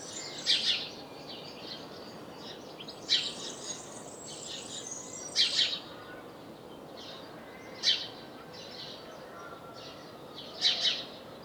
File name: Passer domesticus